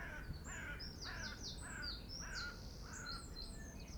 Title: Oies Domestiques 63 Rue Wattre, 62890 Mentque-Nortbécourt, France - Sonore Cours de ferme